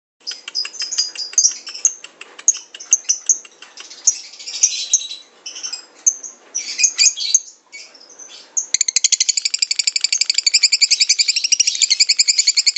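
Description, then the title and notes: Lovebird song: irregular squeaky chirps and twitters for several seconds, then a sudden, steady, rapid chattering ngekek trill to the end. Lovebird ngekek song used as a master recording to train birds, played as pancingan to stimulate singing; described as long. "suara Master Kicau Lovebird ngekek, kicau pancingan"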